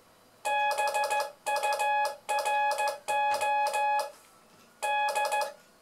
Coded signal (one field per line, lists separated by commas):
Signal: Morse code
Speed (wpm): 15 wpm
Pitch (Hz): 840 Hz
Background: none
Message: BURO D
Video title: complément de : '' le morse c est facile''